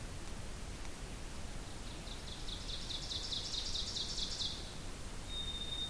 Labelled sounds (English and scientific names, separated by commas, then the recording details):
Ovenbird (Seiurus aurocapilla) song
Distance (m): 50 m
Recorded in boreal forest in Alberta, Canada, on 2 June 2016 at 06:27
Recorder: SongMeter 3, array SBT-3-7
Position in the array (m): 197 m, 96 m
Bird 6